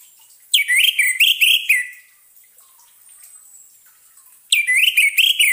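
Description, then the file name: Orange-headed thrush song: loud, rich whistled phrases of slurred notes, two bursts separated by a pause of a few seconds. Therapy sound meant to restart singing in an orange-headed thrush (anis merah) that has stopped singing (macet bunyi). "terapi suara anis merah macet bunyi"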